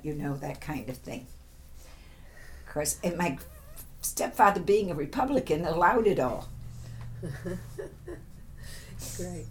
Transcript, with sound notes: You know, that kind of thing. Of course, and my stepfather being a Republican allowed it all.
[Laughs] Great.